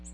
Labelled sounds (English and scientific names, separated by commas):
Ovenbird (Seiurus aurocapilla) flight call